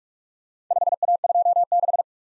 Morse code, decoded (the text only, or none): 5A26